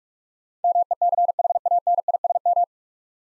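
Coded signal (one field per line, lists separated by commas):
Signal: Morse code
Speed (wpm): 44 wpm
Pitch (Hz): 700 Hz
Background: none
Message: MECHANISM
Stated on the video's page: Morse practice at 45 wpm building 9-letter words three letters at a time, for instant character recognition.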